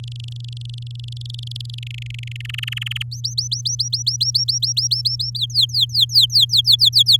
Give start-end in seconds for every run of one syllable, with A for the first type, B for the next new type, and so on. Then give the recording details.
0.03-1.79 A, 1.82-2.42 B, 2.45-3.03 C, 3.11-5.30 D, 5.35-7.17 E. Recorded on 10 May 2018 at 15:03. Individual llb16